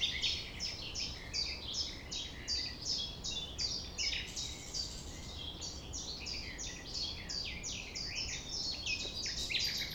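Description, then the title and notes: Common nightingale song of dense, repeated falling notes at a quick, slightly uneven pace throughout, against a continuous low background hiss. Recorded at 6 A.M. at sunrise near the Thève river, Champ de Ménage; the nightingale sings without waiting for silence. "6 A.M. Lever du soleil non loin de la Thève au Champ de Ménage. Le rossignol n'attend pas le silence."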